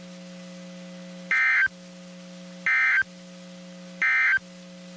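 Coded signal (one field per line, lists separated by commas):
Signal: Emergency Alert System (SAME) tones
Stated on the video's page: Two severe thunderstorm warnings from NOAA Weather Radio transmitter at Waco, Texas.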